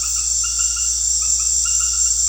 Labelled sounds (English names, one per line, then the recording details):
none
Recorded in secondary vegetation near Puerto Asís, Putumayo, Colombia, on 4 March 2025 at 19:00
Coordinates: 0.484, -76.319
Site G010